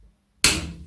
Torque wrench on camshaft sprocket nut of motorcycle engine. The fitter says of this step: okay and when the torque wrench clicks you know